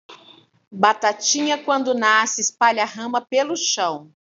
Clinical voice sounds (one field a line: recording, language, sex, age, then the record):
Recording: short text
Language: Brazilian Portuguese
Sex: female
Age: 50 to 59 years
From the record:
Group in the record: control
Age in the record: 50 years